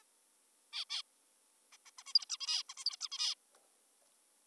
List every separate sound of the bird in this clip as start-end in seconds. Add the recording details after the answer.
0.73-0.85, 0.90-1.02, 1.73-1.77, 1.86-1.91, 1.99-2.03, 2.07-2.14, 2.15-2.26, 2.30-2.38, 2.40-2.63, 2.69-2.74, 2.78-2.85, 2.86-2.96, 3.01-3.08, 3.12-3.35. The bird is an adult. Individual g19o3U